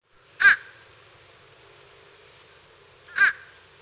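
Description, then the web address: Fish Crow calls: two short, nasal caws about three seconds apart, otherwise quiet. "Peterson North American Birds iso sound ficr"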